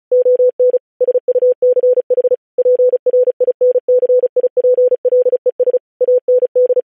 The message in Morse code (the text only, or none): ON SUCH PRINCIPLES AND